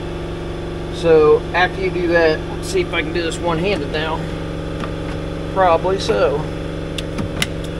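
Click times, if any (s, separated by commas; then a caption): 7.0 s, 7.4 s. A plastic dash trim panel is pushed one-handed back into its clips on a Can-Am Commander UTV dashboard while someone talks over a steady engine idle. Two sharp snaps at 7.0 s and 7.4 s mark the clips engaging, and the trim is seated back in place.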